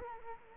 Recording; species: mosquito wingbeat signal from an infrared sensor; Culex quinquefasciatus